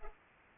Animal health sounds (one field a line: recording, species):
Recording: mosquito wingbeat signal from an infrared sensor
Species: Culex pipiens